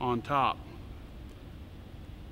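Someone talks briefly as an SD memory card, copper contacts facing the outside of the console and notch on top, is slid gently into the card slot of a Great Plains IntelliAg AI100 farm planter monitor console. A low, steady background hum continues after the speech. The card has not clicked into place yet.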